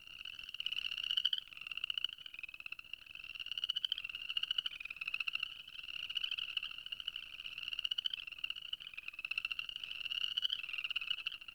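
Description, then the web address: Frogs calling in a dense, continuous chorus of rapid high trills that swell and fade in waves, with no other clear sounds. Frog ambience. "Soulframe Sounds Ambience Frog Loops Frog Loop C"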